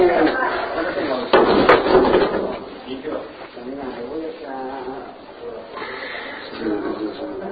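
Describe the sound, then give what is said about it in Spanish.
A few sharp hammer blows chip at a wall, starting from one end, in a short burst, followed by people talking over a low background rumble. “Ya, estamos picando de una punta.”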